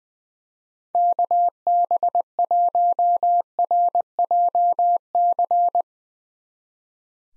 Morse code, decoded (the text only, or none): KB1RJC